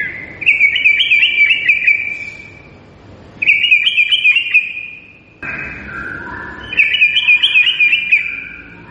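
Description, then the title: White-rumped shama song in three bright bursts of fast rippling trilled notes, separated by short gaps, with a lower whistled phrase in between. Lure recording meant to draw a response from birds; singer described as gacor, lively and singing constantly. "PANCINGAN MEWAH MURAI BATU GACOR"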